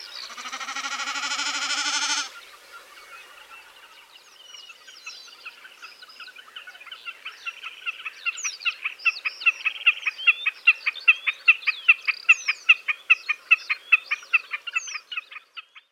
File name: bekas kszyk